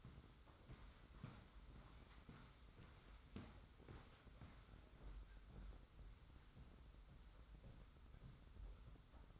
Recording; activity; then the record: daily activity, microphone in the room; walk to room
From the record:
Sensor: 3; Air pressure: 991.1 hPa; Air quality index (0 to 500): 103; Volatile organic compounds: 38 ppm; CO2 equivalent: 3121 ppm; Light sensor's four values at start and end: 44/122/50/43 and 44/123/50/44